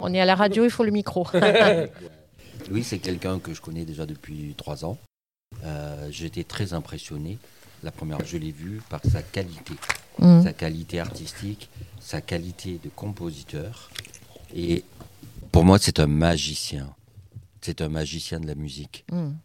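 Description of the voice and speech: A man speaks fluent, clear French in a low voice at an even pace, with brief natural pauses.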